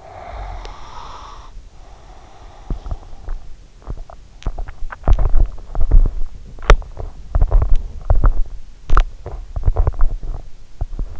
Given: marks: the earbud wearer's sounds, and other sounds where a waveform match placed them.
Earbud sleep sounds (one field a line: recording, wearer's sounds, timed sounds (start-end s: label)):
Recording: sounds in sleep by an in-ear microphone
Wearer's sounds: breath, teeth grinding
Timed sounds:
0.00-3.31 s: breath
2.64-11.20 s: teeth grinding